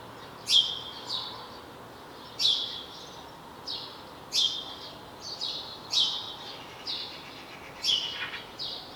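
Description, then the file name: House sparrow chirping, a series of sharp chirps, some followed by softer notes, against light background noise. "Passer domesticus"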